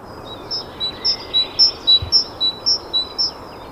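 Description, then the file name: Great tit giving a steady series of sharp notes alternating high and lower, each two-note phrase repeated about twice a second. "Parus major"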